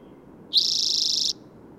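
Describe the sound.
Bird call: one high, buzzy, steady note lasting under a second, standing out against a quiet background.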